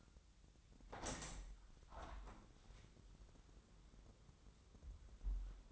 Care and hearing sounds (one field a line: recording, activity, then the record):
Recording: daily activity, microphone in the room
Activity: open window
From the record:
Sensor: 3